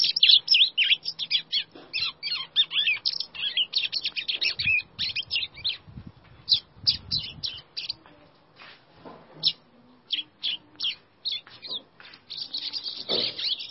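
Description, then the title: White-throated seedeater delivering a long, lively stream of high chirps, trills and slurred notes, pausing briefly midway before resuming; faint low rustling beneath. "Canto Do Golinha"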